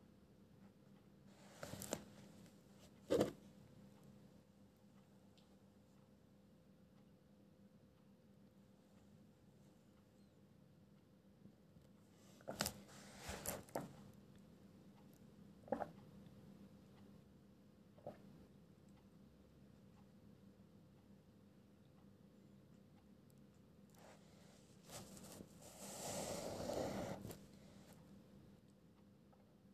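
Pencil sounds in a quiet space: sharp scratchy strokes and taps near 2–3, 12–14, 16 and 18 seconds, with a longer rustling scribble around 24–28 seconds. A low steady hum sits underneath, and long gaps between strokes are nearly silent.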